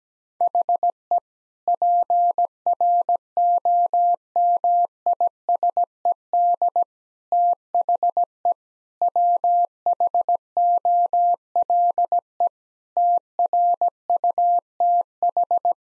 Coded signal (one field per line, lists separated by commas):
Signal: Morse code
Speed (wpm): 17 wpm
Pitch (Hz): 700 Hz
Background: none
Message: HE PROMISED THE WHOLE TRUTH